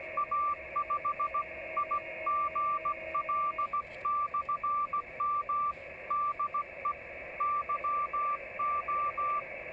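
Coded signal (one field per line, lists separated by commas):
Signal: Morse code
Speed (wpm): 16 wpm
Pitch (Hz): 1170 Hz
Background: radio noise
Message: A5IGL/M DE YO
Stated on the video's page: Mobile QRP CW contact sent slowly (QRS) by a new operator on a mini palm paddle, Yaesu 817D with YF-122C filter and MFJ1610T antenna.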